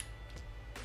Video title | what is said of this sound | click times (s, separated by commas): Taurus GX4 Review - Low and Left? | or not live i can turn this with a screwdriver a flathead screwdriver and then until it clicks | 0.8 s